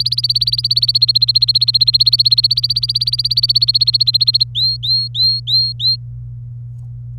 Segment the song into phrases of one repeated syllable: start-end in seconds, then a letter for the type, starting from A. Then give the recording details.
0.00-4.43 A, 4.55-5.96 B. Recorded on 27 April 2018 at 10:24. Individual llb3